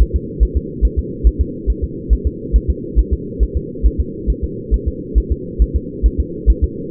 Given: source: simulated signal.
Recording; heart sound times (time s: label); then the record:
fetal heart sounds
0.02 s: S1
0.16 s: S2
0.43 s: S1
0.57 s: S2
0.85 s: S1
0.99 s: S2
1.27 s: S1
1.41 s: S2
1.70 s: S1
1.84 s: S2
2.13 s: S1
2.27 s: S2
2.56 s: S1
2.70 s: S2
2.99 s: S1
3.13 s: S2
3.43 s: S1
3.57 s: S2
3.86 s: S1
4.00 s: S2
4.30 s: S1
4.44 s: S2
4.74 s: S1
4.88 s: S2
5.18 s: S1
5.32 s: S2
5.62 s: S1
5.76 s: S2
6.06 s: S1
6.20 s: S2
6.50 s: S1
6.64 s: S2
From the record:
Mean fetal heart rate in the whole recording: 140 bpm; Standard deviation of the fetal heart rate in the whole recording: 2 bpm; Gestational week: 34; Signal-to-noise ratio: -4.1 dB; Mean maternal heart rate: no maternal heart sound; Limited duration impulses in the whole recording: absent